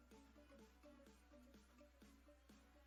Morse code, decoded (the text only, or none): none